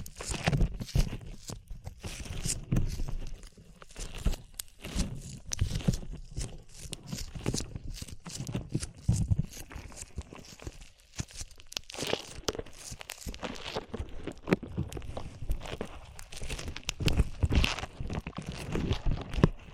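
Sticky slime squelches and pops in dense, irregular bursts of wet crackling and tearing sounds throughout, with brief quieter gaps around eleven seconds.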